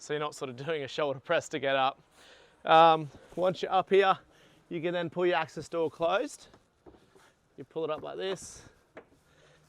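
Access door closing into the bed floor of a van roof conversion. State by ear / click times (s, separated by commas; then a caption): seated / 9.0 s. Someone talks inside a Toyota HiAce pop-top roof conversion while pulling the roof access door up and closed into the bed floor. A single sharp hit comes at 9.0 s as the hatch locks into place, strong enough to stand on.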